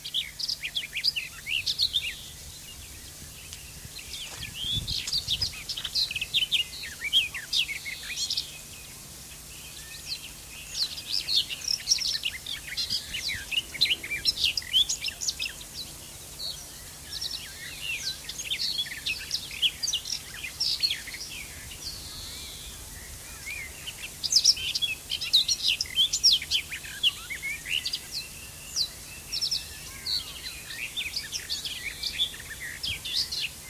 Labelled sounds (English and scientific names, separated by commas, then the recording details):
Garden Warbler (Sylvia borin) song
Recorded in the wild
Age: adult
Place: Köppchensee, Berlin, DE
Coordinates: 52.6167, 13.3667
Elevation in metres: 40
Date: 2003-06-22 13:23
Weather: fair, 17-18°C
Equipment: Fair Mate ST-1328 (Asahi Electronics, Japan), Sennheiser ME 80, Kopie Uher 4000 Report Monitor
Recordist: Tembrock, Günter